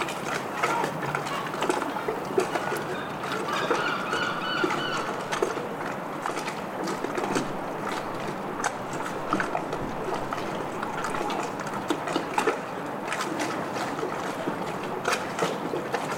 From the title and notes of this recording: Stormy Harbour Ambiance | City of Bristol. This field recording soundscape captures the vibrant ambiance of a stormy harbor.